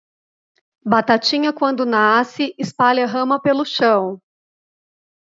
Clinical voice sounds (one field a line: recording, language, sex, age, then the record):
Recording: short text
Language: Brazilian Portuguese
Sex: female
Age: 30 to 39 years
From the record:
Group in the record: control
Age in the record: 38 years